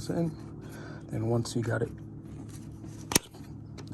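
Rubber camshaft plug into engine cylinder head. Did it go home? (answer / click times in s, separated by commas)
yes / 3.2 s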